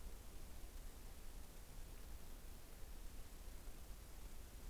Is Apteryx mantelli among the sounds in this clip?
no